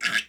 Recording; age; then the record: pig call; piglet (1 to 25 days)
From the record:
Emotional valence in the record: negative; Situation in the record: castration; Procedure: castration, shear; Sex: male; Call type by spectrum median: low-frequency call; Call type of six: low-frequency tonal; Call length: 0.29 s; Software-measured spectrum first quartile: 1696 Hz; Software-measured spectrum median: 2279 Hz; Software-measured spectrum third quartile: 3541 Hz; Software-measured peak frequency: 1669 Hz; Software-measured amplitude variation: 221 dB a second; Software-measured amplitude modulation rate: 8.6 a second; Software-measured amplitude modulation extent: 25.8 dB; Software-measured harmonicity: 2.0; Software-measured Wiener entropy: -1.69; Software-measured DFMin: 616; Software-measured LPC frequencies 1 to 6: 1628, 2084, 2834, 3523, 4787, 5531 Hz